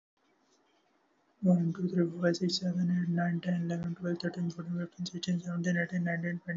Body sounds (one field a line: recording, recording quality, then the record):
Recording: counting at a normal pace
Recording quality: excellent, no background noise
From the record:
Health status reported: healthy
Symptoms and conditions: none ticked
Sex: male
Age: 22 years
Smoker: not ticked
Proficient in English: yes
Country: India